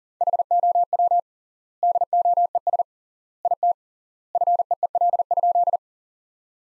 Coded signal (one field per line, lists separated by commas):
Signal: Morse code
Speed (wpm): 40 wpm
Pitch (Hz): 700 Hz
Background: none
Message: HOW DOES IT FEEL?